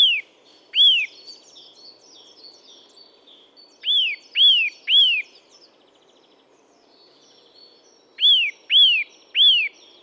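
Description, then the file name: Eurasian nuthatch calling loud, arched whistled notes that rise then fall, given in runs of two or three with pauses between. "Sitta europaea"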